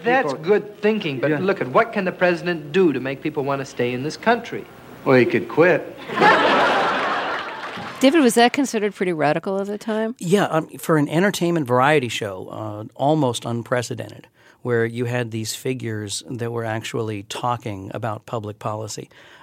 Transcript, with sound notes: That's good thinking. But look. What can the president do to make people want to stay in this country?
Well, he could quit.
(LAUGHTER)
David, was that considered pretty radical at the time?
Yeah, for an entertainment variety show, almost unprecedented, where you had these figures that were actually talking about public policy.